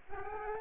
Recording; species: mosquito wingbeat signal from an infrared sensor; Aedes albopictus